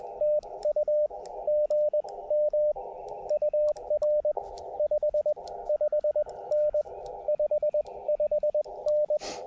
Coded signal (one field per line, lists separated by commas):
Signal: Morse code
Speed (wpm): 20 wpm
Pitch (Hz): 590 Hz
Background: radio noise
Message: TU GM UR 55N 55N